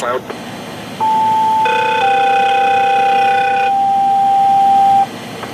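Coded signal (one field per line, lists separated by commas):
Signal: two-tone page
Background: speech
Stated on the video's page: Two-tone page sent via two-way radio from a Zetron Model 32 dial access paging terminal, 100-call version, after entering a pager code by telephone.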